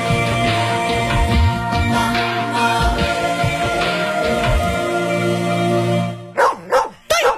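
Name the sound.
dog barking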